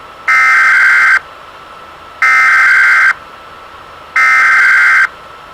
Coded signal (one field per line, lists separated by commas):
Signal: Emergency Alert System (SAME) tones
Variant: header bursts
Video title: Caillou hack's the emergency alert system/grounded